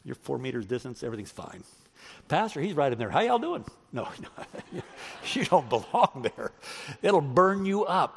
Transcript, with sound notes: You’re four meters distance and everything is fine. The pastor is right in there. “How are y’all doing?” (Laughter!) No, you don’t belong there. It will burn you up.